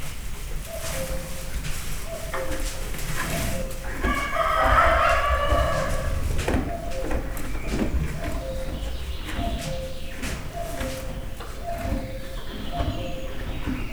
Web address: allathangok miskolcizoo 2009 magyarparlagiszamar istallobaneszik kakaskakukk pulyka